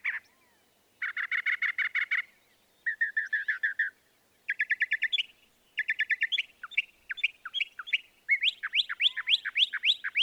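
Northern mockingbird singing a varied medley, each phrase a quick burst of repeated notes before switching to a new pattern, ending in rapid sweeping whistles.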